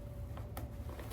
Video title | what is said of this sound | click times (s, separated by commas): Q&A: How to remove or repair the frame of Near Zero 55L The DEAN backpack ￼ | this just pops into place | 0.6 s